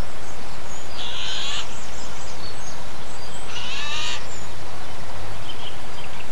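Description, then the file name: Eurasian jay giving two rasping, hoarse screeches roughly two and a half seconds apart against a low rumbling engine and faint background chirps. Heard alongside a tractor on 10 April 2007, captured with an MZ-N710 recorder. "MZ-N 710 Geai et tracteur 10 04 07"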